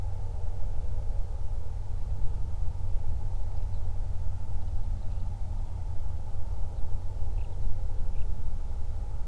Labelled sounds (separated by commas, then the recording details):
songbird, man-made sound
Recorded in the Prudhoe Bay oil fields, Alaska, on 31 July 2019 at 08:25
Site 24